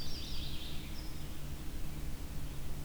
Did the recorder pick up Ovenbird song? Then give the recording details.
no. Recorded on 23 June 2016 at 05:47. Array SBT-6-76